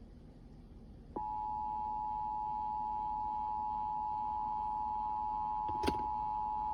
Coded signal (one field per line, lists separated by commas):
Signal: Emergency Alert System (SAME) tones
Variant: 853 and 960 Hz attention tone